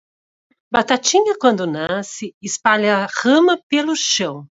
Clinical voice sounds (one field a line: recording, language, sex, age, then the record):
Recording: short text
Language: Brazilian Portuguese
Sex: female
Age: 40 to 49 years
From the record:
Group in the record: control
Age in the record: 45 years